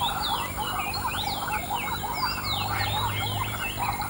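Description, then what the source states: Waterbirds in a busy chorus, many overlapping rising and falling whistles and harsh chatter going on without pause. Recorded at dawn.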